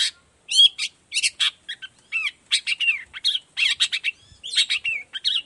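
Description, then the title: Long-tailed shrike song: a rapid run of harsh chattering notes and squeaky, slurred whistles, delivered in bursts with brief pauses. Energetic morning song with varied 'toet toet' notes, played as a lure to prompt other long-tailed shrikes of any type to reply and open their beaks. "Cendet Gacor Dor Di Kala Pagi Toet Toet Variasi Suara. Cendet Gacor Efektif Pancingan Buat Cendet Jenis Apapun Agar Cepat Nyaut Buka Paruh"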